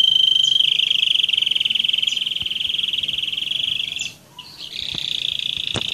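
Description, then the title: Roller canary song: a sustained rapid rolling trill, a short pause, then the roll resumes at a slightly higher pitch. "kenari roller"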